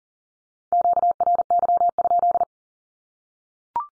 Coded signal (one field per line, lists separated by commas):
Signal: Morse code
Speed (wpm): 37 wpm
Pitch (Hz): 700 Hz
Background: none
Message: QRY?